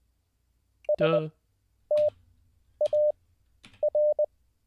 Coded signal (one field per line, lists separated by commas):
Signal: Morse code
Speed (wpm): 20 wpm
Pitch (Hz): 600 Hz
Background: speech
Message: STAR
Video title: How To Learn Morse Code LIVE with N0SSC (Day 15)